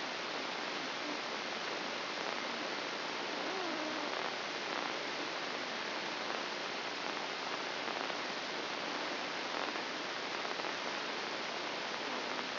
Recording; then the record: brain microelectrode recording played as sound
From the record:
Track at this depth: inside the subthalamic nucleus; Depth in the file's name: 5.108 mm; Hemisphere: left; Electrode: 2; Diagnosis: Parkinson's disease